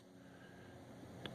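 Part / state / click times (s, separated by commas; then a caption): multi-tool blade locking in its wallet slot / seated / 1.3 s. A small multi-tool that slides out of a tactical wallet is moved between its positions until its blade locks into its slot. Low steady background hum runs throughout. A single sharp click at 1.3 s marks the tool seating in place.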